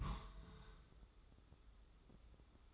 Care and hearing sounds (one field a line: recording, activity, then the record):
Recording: daily activity, microphone in the room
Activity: place on stove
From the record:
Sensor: 3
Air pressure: 995.4 hPa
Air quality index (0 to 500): 85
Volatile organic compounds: 8 ppm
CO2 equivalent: 2077 ppm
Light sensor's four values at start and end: 24/75/31/26 and 24/75/31/26